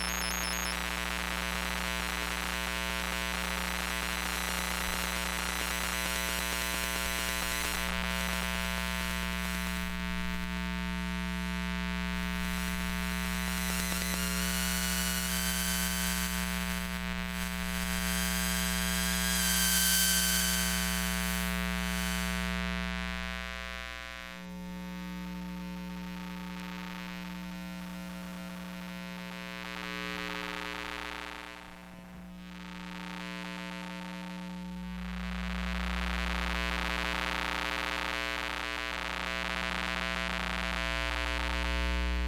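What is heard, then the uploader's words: Electromagnetic hum from household electronics, a dense stack of steady buzzing tones with a strong low drone underneath. Bright hissy bursts and shifting whines come and go, heaviest around the middle, then the sound thins and dips briefly near twenty-five and thirty-three seconds. Electromagnetic Listening. Using the Electrosluch Mini City from LOM (link below) I went around the house just recording things. Other than playing with the stereo effect of the device there has been no edits or additional processing to the recording.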